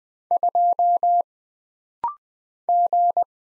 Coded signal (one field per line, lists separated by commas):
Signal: Morse code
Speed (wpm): 20 wpm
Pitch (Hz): 700 Hz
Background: none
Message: 2 G